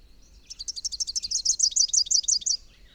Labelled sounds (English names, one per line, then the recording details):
Rufous-capped Warbler song
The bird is a male
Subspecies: rufifrons
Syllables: 23
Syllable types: 5
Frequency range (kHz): 3.1-8.1 kHz
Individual YA-OSW-M